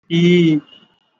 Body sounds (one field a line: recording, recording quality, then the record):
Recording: sustained vowel as in beet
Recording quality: excellent, no background noise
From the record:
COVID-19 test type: RT-PCR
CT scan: not taken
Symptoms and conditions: cough, cold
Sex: male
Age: 20 years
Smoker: no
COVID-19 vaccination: both doses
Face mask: worn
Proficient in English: yes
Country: India